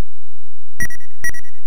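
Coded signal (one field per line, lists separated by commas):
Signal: none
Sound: game sound effect beeps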